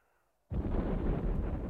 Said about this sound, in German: Am Horizont wechselt ein Vulkan einen Halbzirkel von zackigen Gewitterwolken auf. Ich höre von weitem Donnern.